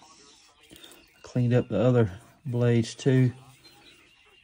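A blade on a repaired vintage Camillus folding utility knife, its broken blade replaced, is handled and worked toward its place in the handle against the steel backspring while someone talks. A faint tick comes at about 0.8 s, but the blade has not snapped into place and nothing has seated yet.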